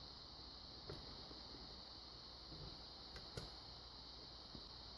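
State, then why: Not seated. A pin stack in a tubular lock cylinder is worked with a pick, giving a few faint, light ticks over a steady background hiss. Nothing has seated or clicked yet.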